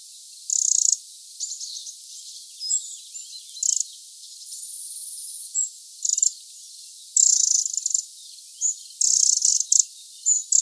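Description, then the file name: Eurasian wren churring calls: harsh, high rattles of varying length, with brief ticks between and one thinner, steady buzzy note near the middle. "Troglodytes troglodytes"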